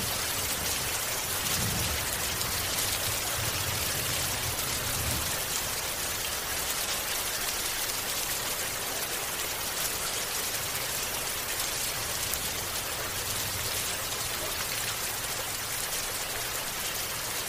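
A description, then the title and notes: Rain falls steadily and densely, a bright, even hiss of countless drops that never lets up across the whole stretch. Low, soft rumbling patches sit underneath, most noticeable in the first few seconds and again around the twelve-to-fifteen-second mark. Relaxing Rain Fall - Nature Sounds. The sound of falling rain.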